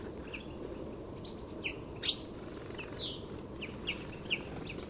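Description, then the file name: European goldfinch calls: scattered bright chirps and short liquid notes, one sharper call near two seconds, set against a constant low hum. "Carduelis carduelis"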